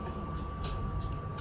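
A piece that hooks into a Glock pistol magazine is found, handled and lined up before being popped into place. The stretch is quiet, with a steady low rumble, a constant tone near 1.1 kHz and a few faint soft rustles. Nothing has seated or clicked yet.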